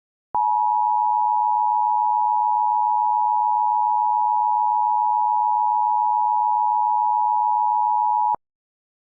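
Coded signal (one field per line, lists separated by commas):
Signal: Emergency Alert System (SAME) tones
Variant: 853 and 960 Hz attention tone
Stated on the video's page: Fictional analog-horror EAS scenario about a sudden unnatural temperature drop, with audio made in Audacity and Balabolka.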